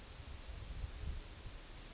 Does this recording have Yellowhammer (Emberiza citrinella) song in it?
no